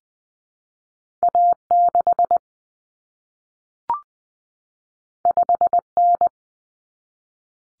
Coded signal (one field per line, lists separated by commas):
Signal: Morse code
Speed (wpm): 20 wpm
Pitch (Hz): 700 Hz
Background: none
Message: A6 5N